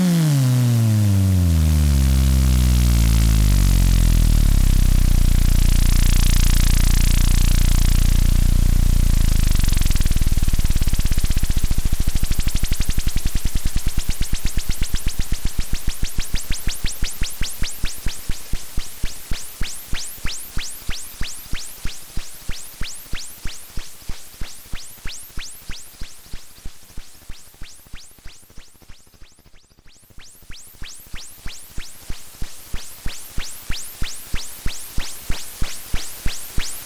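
Radio reception during a lunar eclipse: a low wavering hum fades out, leaving rapid, regular crackling clicks that dip briefly near thirty seconds.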